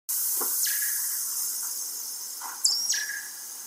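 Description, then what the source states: Seal calls: two sweeping whistles drop steeply from high to mid pitch, with faint soft pulses in between over a steady hiss. Antarctic seal.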